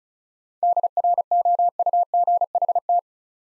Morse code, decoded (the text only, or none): DROUGHT